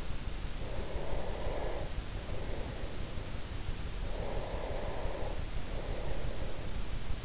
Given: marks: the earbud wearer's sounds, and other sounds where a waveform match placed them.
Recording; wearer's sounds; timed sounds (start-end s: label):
sounds in sleep by an in-ear microphone; breath
0.59-3.43 s: breath
3.85-6.97 s: breath